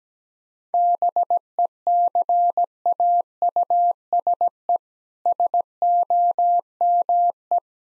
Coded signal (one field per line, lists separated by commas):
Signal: Morse code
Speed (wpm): 17 wpm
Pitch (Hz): 700 Hz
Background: none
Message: BECAUSE SOME